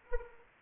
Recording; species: mosquito wingbeat signal from an infrared sensor; Anopheles arabiensis